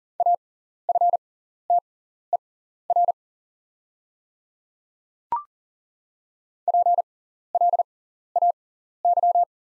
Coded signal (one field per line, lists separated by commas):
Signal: Morse code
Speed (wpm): 40 wpm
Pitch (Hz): 700 Hz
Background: none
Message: AFTER PLAY